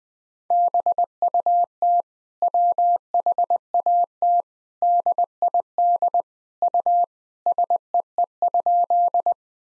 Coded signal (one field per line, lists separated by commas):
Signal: Morse code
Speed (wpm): 20 wpm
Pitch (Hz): 700 Hz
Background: none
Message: BUT WHAT DID U SEE?